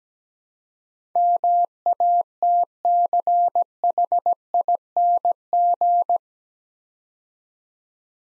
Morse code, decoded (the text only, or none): MATCHING